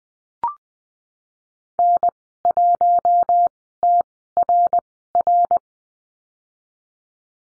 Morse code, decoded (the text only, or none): N1TRR